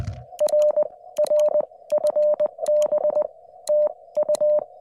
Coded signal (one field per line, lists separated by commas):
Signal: Morse code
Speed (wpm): 20 wpm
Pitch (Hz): 590 Hz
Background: none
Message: RR FB TU